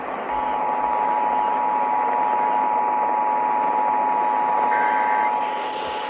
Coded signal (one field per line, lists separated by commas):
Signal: Emergency Alert System (SAME) tones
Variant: 853 and 960 Hz attention tone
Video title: [EAS #2688-#2697] Some Tests to kick off the month of September (9/06/23)